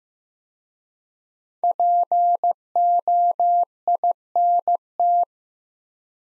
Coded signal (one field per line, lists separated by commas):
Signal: Morse code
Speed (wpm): 15 wpm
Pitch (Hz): 700 Hz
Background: none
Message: POINT